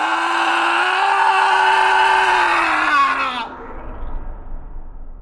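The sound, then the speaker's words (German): A single loud, sustained scream holds a steady high pitch for about three seconds, then sags downward and breaks off, leaving a low rumbling noise behind. “Und in diesem Moment gelang es dem Schrei, sich zu befreien.”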